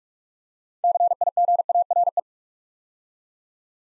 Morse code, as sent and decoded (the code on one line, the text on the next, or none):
-.-. .. --. .- .-. .
CIGARE